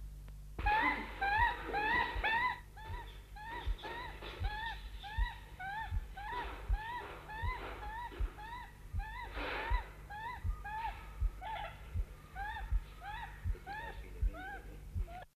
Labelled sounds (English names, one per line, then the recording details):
Inca Tern courtship call
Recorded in captivity
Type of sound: courtship call
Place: Zoo Frankfurt, Rheinland-Pfalz, DE
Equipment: Halbspur, 9,5 cm/s
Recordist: Lütgens, Hans
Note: Rufe